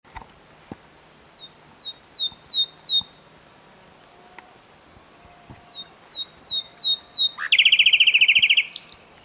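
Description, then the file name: Common nightingale song: two series of soft, repeated down-slurred whistles separated by a pause, the second leading into a loud, rapid, pulsing trill with a sharp ending. "Luscinia megarhynchos"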